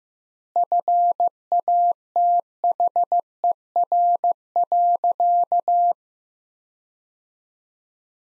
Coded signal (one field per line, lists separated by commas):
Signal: Morse code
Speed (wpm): 16 wpm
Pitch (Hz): 700 Hz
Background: none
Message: FATHER.